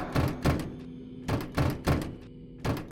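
A door is banged again and again in irregular bursts as someone rams, kicks, claws and yanks at it, each heavy thump ringing out with a rattling clatter before the next blow lands. No voices are heard.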